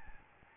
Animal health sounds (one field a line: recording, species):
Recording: mosquito wingbeat signal from an infrared sensor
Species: Aedes albopictus